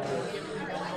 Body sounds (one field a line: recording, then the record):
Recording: coughing mixed with background sound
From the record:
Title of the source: female coughing - coughing sound effects girl